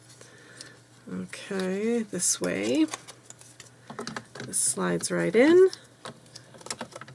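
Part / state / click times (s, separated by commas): plastic clip or panel into a marker carrying case / partly seated / 6.7 s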